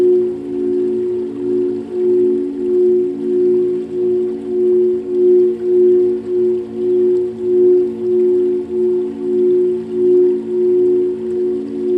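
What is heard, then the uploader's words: Crystal bowls ring in a sustained, humming drone centered on one clear mid-pitched tone, with softer lower tones underneath. The sound pulses in a slow, even wobble, swelling and easing about twice a second throughout, with no strikes or breaks. Chrystal Bowls I recorded upstairs in the Integratron during a sleepover. Crystal Bowls - Integratron.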